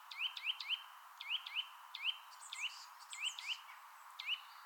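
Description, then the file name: Eurasian nuthatch repeating sharp upslurred notes singly and in short runs of two or three, with a faint higher twittering bird behind. "Sitta europaea"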